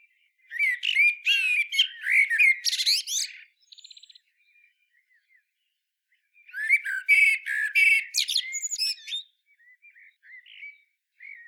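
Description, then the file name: Common blackbird singing two loud phrases of squeaky, scratchy twittering, each lasting about three seconds, with faint scattered notes between and after them. "Turdus merula"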